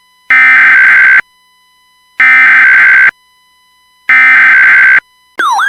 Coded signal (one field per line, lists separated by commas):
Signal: Emergency Alert System (SAME) tones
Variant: header bursts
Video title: (VALID TONES!!) EAS Scenario: The Evansville, Indiana Tornado of April 25th, 2024